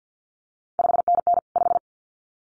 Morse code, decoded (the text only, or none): 5NN 5